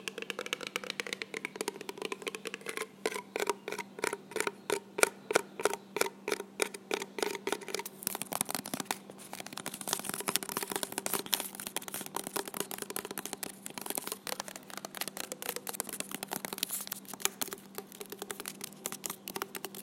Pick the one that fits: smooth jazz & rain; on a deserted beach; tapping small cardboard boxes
tapping small cardboard boxes